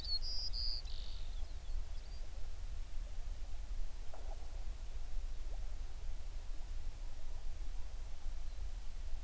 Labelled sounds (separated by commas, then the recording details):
songbird
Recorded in the Prudhoe Bay oil fields, Alaska, on 11 June 2019 at 04:53
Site 21